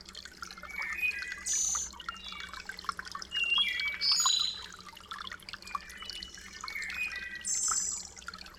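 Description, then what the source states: Thrush singing short whistled phrases, each a quick run of pure notes with a high flourish, separated by pauses; flowing water hisses steadily behind. Riparian zone habitat.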